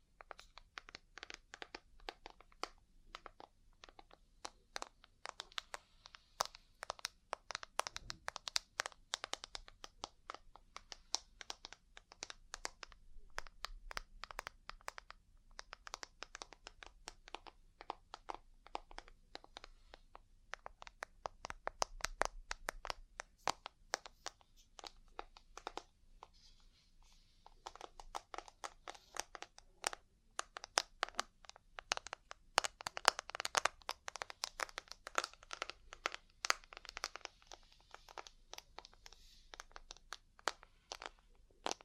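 Ear cleaning and massage sounds: dense, rapid crackling and scratching clicks run through the whole stretch, bright and irregular, like crinkling against a microphone. The pace thins briefly around 27 seconds, then picks up again, with a faint low hum underneath.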